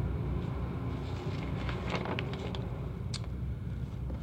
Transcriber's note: sound of page turning